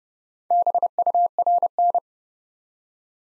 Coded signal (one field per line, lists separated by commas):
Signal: Morse code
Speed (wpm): 30 wpm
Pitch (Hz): 700 Hz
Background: none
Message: BURN